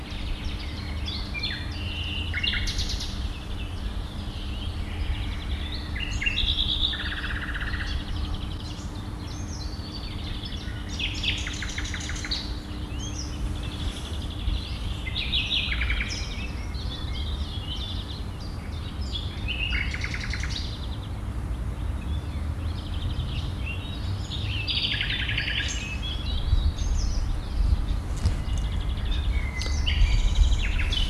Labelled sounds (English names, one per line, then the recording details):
Common Nightingale song
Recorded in the wild
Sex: male
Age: adult
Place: Malchower Aue, Berlin, DE
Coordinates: 52.5808, 13.4886
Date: 1990-05-01 19:45
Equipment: Riporter 6 RG-K, Halbspur, Sennheiser MKH 416 T
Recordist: Frommolt, Karl-Heinz